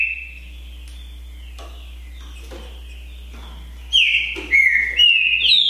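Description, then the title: Green-winged saltator song: a faint, quiet stretch, then loud, slurred whistled phrases that dip and rise in quick succession over the final two seconds. Song contest between two male trinca-ferros named Naval and Demolidor, 2022 season; birds calling, singing and giving the 'macheando' male dueling song in competition. "TRINCA Piando, Cantando E Macheando Na DISPUTA. DISPUTA DE TRINCA FERRO NAVAL VS DEMOLIDOR 2022! TEMPORADA 2022!"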